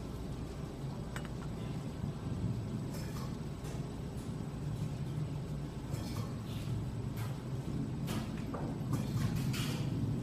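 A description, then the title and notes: Coffeehouse ambience with a steady low rumble of room noise and murmuring voices, broken by scattered sharp clinks of dishes every few seconds. Ambient coffeehouse sounds. No music, just coffeeshop sounds. All Raw and mixed audio recorded on: Focusrite Scarlett CM25, Focusrite Scarlett 2i2 Audio interface.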